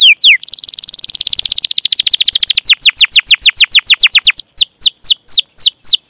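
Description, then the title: Canary song: rapid descending whistled sweeps opening into a fast trill, then steady repeated downslurred notes, bright and loud throughout. Canary singing actively, with the best varied phrases and richest song fill. "Kenari Gacor Cengkok Terbaik Isian Paling Mewah"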